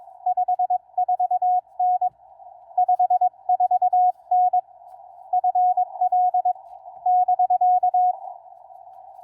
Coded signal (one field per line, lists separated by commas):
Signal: Morse code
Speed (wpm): 20 wpm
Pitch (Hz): 730 Hz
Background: none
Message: 54N 54N FL <BK>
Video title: Successful POTA and TOTA activations on 40 meters with QRP and a mag mount ham stick this morning!